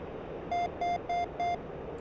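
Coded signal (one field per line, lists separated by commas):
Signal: beep code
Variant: Mirage 2000C datalink alert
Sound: four short identical buzzy beeps in quick even succession over low rumble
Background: cockpit engine rumble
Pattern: 4 short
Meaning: Rules of engagement changed from free to IFF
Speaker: these four beeps were to indicate a change in our roe in this case we've gone from free to iff indicating that we now have a friendly aircraft within 20 nautical miles of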